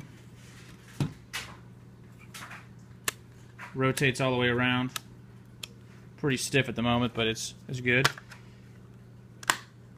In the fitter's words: snaps right in there